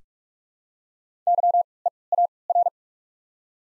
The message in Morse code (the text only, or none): Y E A R